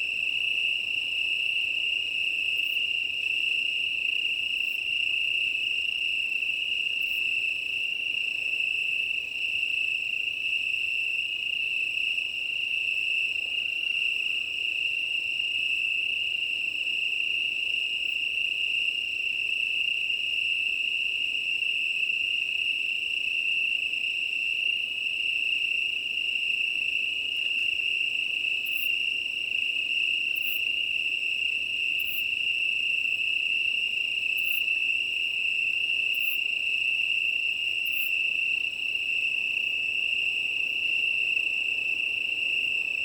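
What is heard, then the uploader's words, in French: A chorus of Italian crickets trills in a steady, unbroken high-pitched drone, with faint clicking ticks recurring every second or two. 20h35 - Plateau de Lesches en Diois - Drôme - Nomad six pistes - mkh8020. Chorus de Grillons italiens (Oecanthus pellucens). Le vent vienne perturber l'ambiance.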